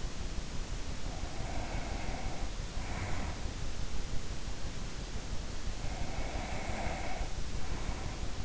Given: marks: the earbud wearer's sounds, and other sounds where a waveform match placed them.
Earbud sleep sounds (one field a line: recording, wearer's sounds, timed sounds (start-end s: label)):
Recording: sounds in sleep by an in-ear microphone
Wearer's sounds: breath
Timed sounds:
0.85-3.58 s: breath
5.53-8.45 s: breath